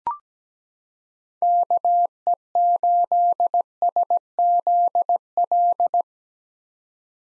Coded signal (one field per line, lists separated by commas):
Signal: Morse code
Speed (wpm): 17 wpm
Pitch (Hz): 700 Hz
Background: none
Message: KE8SZL